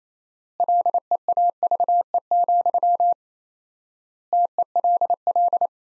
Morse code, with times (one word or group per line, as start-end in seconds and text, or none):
0.6-3.1 LEAVE,
4.3-5.7 TELL